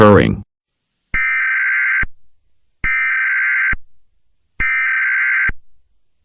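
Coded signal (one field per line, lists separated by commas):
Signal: Emergency Alert System (SAME) tones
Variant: header bursts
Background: speech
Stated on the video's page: Fictional EAS scenario using valid EAS tones.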